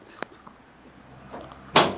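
The hood latch on a classic car's bonnet is released to open the hood; a few light ticks and knocks come first, around 0.2, 0.5 and 1.3 to 1.5 seconds. At 1.8 seconds a loud, broadband click sounds as the latch lets go and the hood comes free.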